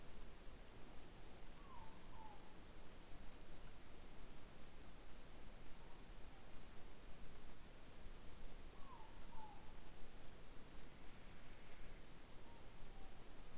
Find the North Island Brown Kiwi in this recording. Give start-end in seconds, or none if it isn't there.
none